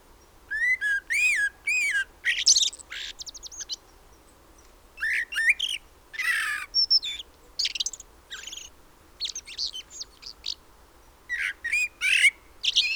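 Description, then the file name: Common blackbird with repeated fluty whistles and harsh, high chattering bursts, alternating in phrases with brief silences between them. "Turdus merula"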